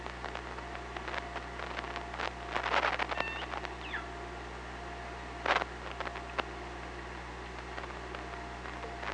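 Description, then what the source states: Killer whale clicks in dense bursts, plus a short downward-sliding tonal call in the middle, with steady low hum underneath. Recorded on an OrcaLab hydrophone, 24 August 2017 at 18:40.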